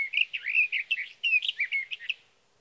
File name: Sage Thrasher